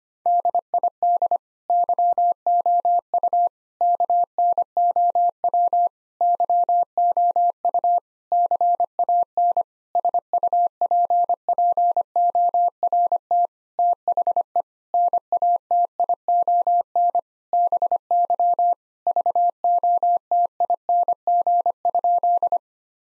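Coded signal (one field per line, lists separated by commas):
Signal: Morse code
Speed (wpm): 25 wpm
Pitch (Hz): 700 Hz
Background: none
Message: DID YOU KNOW YOU CAN SUPPORT THE NATION BY VOTING?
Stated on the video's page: Morse practice sentences of common nine-word phrases at 25 wpm, for head-copy.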